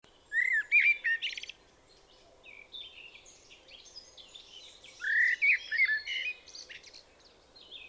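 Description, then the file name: Common blackbird song: mellow fluted warbles near the start, then a quieter stretch of squeaky twitters, and a second fluted phrase ending in thin high chatter. "Turdus merula"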